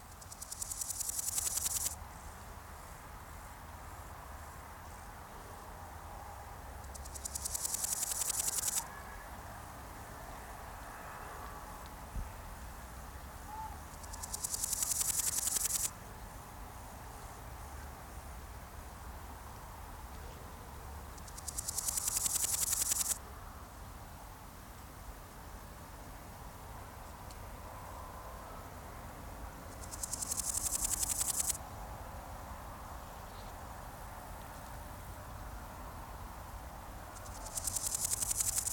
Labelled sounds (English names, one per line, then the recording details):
Large Gold Grasshopper stridulation
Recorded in the wild
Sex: male
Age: imago
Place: Mühlenbeck, am Tegeler Fließ, Brandenburg, DE
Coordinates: 52.667, 13.37
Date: 1992-08-16 14:40
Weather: leicht bewölkt, 22°C, keine Sonne
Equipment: Marantz CP 430, Sennheiser ME 80, Kopie Tesla B 116
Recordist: Tembrock, Günter
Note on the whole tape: Männchen: Stridulation